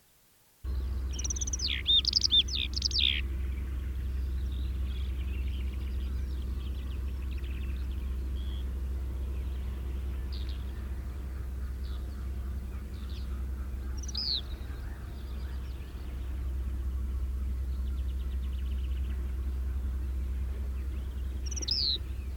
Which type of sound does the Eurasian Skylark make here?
song